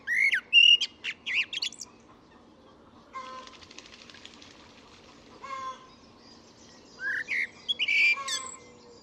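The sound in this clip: Bird calls: loud whistled and chirping notes open, followed by a softer rapid trill, a short burst near five and a half seconds, and another whistled cluster near the end.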